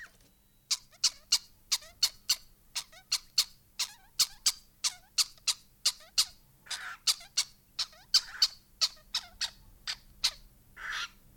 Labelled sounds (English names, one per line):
Western Cattle Egret call